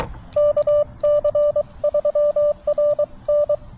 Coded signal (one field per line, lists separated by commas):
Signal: Morse code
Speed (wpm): 23 wpm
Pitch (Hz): 590 Hz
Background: radio noise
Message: KC3RN